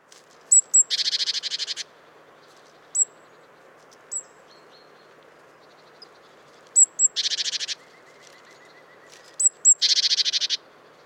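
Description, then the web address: Great tit churring: high thin double notes lead into loud buzzy rattles, three churr bursts spaced several seconds apart, with isolated high tsee notes between. "SETE data Parus major"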